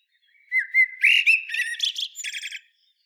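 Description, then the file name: Common blackbird song: a single phrase of rich, rising fluted notes that breaks into a quick run of high, buzzy repeated squeaks at the end. "Turdus merula"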